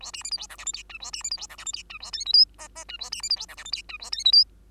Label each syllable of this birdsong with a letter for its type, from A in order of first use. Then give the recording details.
A B C D E F G H I J A B C D E F G H I J A K L M N N J A B C D E F G H I J A K L M. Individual Bird2